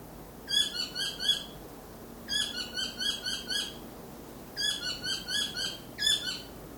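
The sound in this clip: South Island saddleback song: bursts of rapid, rhythmic, harmonic chattering notes, repeated in separate short bouts with pauses between.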